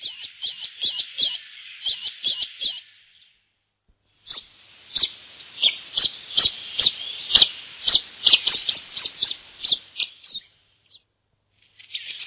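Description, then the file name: Eurasian nuthatch giving rapid, repeated sharp calls in a busy excited series, after an opening run of similar calls and a short pause. "boomklever"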